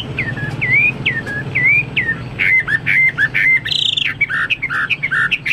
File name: omkicau hwamei